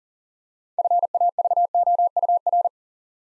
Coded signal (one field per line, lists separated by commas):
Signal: Morse code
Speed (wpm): 38 wpm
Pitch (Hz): 700 Hz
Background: none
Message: FAVOUR